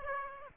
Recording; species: mosquito wingbeat signal from an infrared sensor; Aedes aegypti